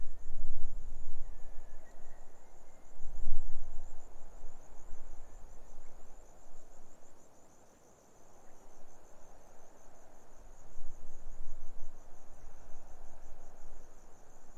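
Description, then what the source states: Grasshopper stridulation as a steady high pulsing buzz beneath strong gusting wind, with one brief whistled bird note near the start. Grasshoppers stridulating on a lukewarm autumn afternoon, 6 May 2015, arid hills of the Barrier Ranges near Broken Hill, Australian outback; wind in desert she-oaks, sparse bird song.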